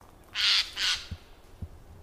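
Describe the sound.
Eurasian jay calls, two harsh rasping screeches in quick succession, followed by a couple of faint low thumps.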